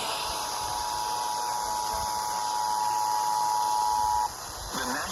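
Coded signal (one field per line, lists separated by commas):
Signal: Emergency Alert System (SAME) tones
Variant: 853 and 960 Hz attention tone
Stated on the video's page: Alert carried on an FM radio station.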